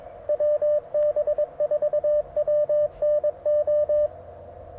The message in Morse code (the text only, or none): WB4WNO